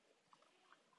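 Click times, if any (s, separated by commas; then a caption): none. The battery compartment door of a DUOMY Mini-AKM47 toy gel ball blaster is being pressed back onto the plastic body. Quiet handling rustle carries short plastic ticks near 0.7 s and 1.0 s. Nothing has seated or clicked into place yet.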